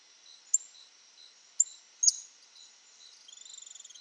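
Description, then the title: Cattle tyrant calls: three sharp, thin high notes, the first two about a second apart and the third half a second later, over soft repeated high ticks, ending with a quick rattling trill. Nominate subspecies Machetornis rixosa rixosa. "LuckyPassaro Completos2Sama. Cattle Tyrant (Machetornis rixosa rixosa)"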